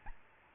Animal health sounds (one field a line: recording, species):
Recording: mosquito wingbeat signal from an infrared sensor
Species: Aedes albopictus